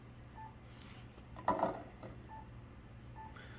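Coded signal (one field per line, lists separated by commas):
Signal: none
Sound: radio menu button beeps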